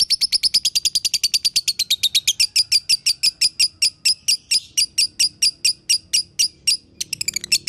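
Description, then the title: Lovebird song: a very fast series of sharp high chirps that gradually slows, then a final quick burst. Training recording for tutoring lovebirds; song style called konslet. "Masteran Lovebird Konslet"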